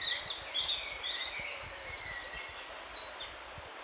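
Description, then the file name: Eurasian wren song: high chips leading into a long, even, rapid trill, then a few sharp notes. "Troglodytes troglodytes"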